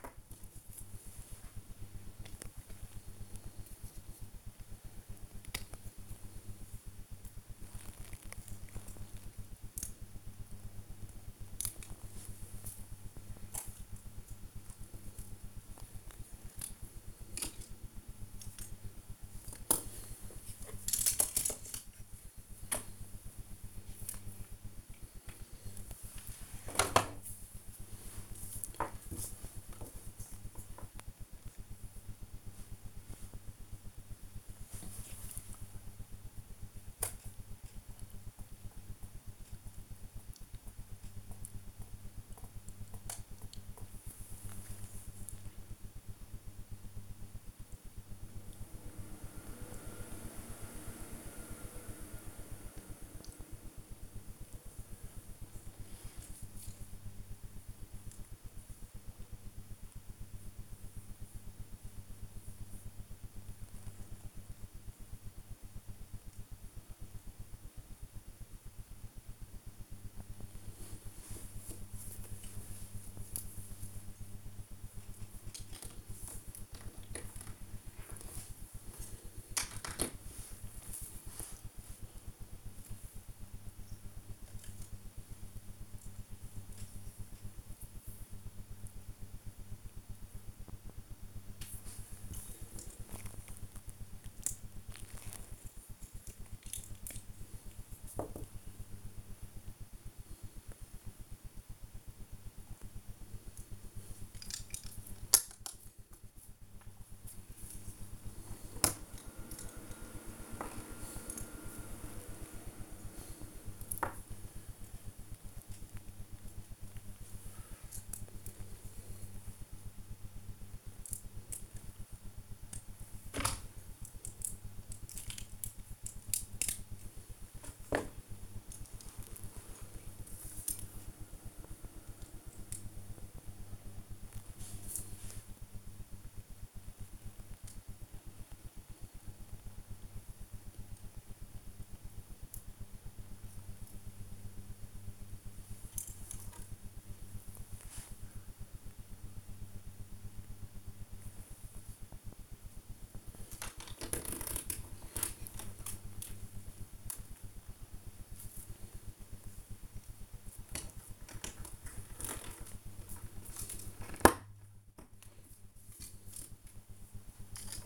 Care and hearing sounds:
household activities, microphone on the right wrist
0.00-167.86 s: build with lego

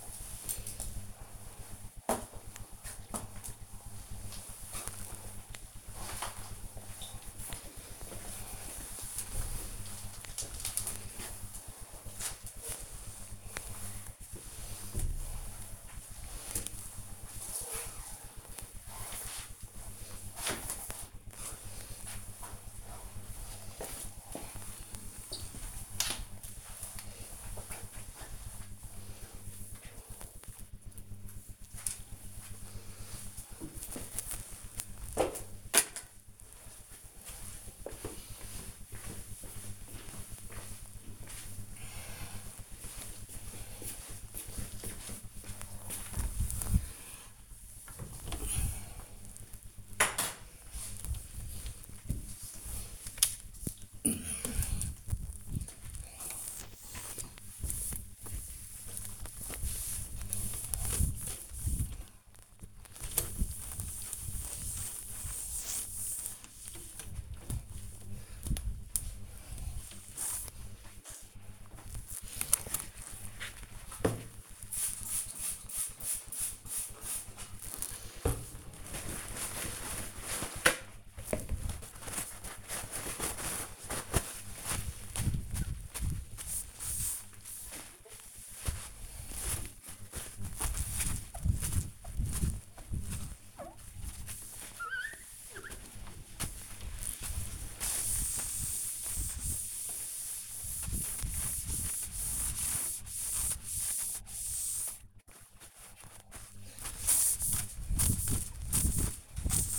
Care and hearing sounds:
household activities, microphone on the right wrist
0.00-28.73 s: floor cleaning
44.79-109.79 s: window cleaning

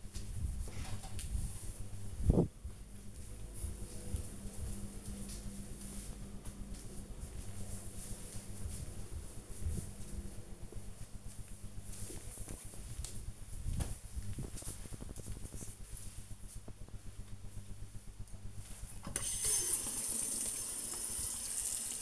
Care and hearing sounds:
household activities, microphone on the right wrist
16.67-22.02 s: brushing teeth

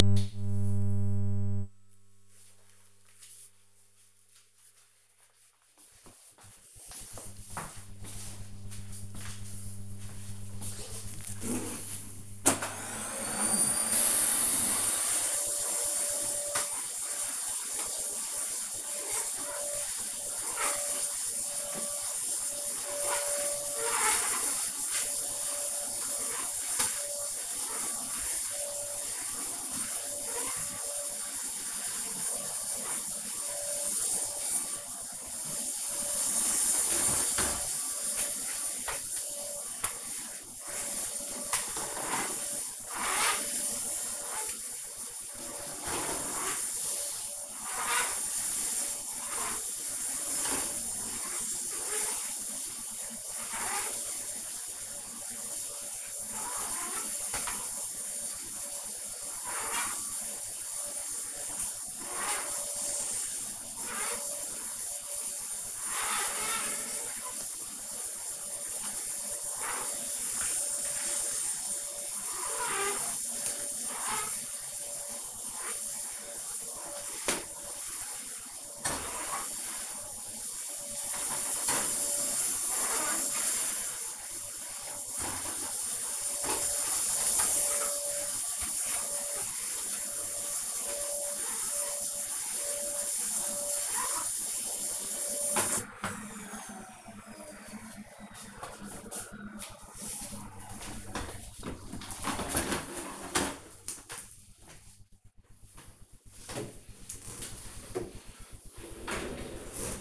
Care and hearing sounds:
household activities, microphone on the right wrist
12.67-94.94 s: vacuum cleaning

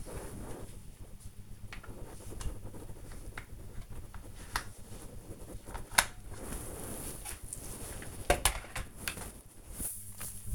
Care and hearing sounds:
household activities, microphone on the right wrist
0.00-3.69 s: floor cleaning

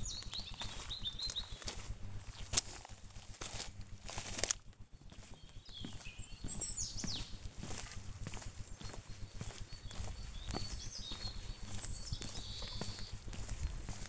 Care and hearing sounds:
household activities, microphone on the right wrist
0.00-10.36 s: removing plants (near water)
12.37-14.08 s: working in the garden

